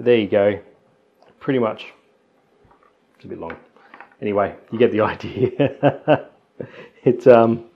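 A 3D printed plastic diffraction spike mask and cable holder is being handled at the front of an astrograph telescope, not yet pushed onto its locating pins. Someone talks throughout, with two faint ticks near 2.7 and 2.8 seconds. Nothing has seated or clicked yet.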